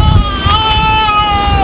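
A baby cries in one long, loud, steady wail with a high, slightly wavering pitch, over a low rumbling background noise.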